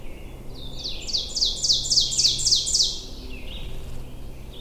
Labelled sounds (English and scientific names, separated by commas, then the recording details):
Ovenbird (Seiurus aurocapilla) song
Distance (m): 10 m
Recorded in boreal forest in Alberta, Canada, on 22 June 2016 at 07:53
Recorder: SongMeter 3, array SBT-6-76
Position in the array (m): 156 m, 117 m
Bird 3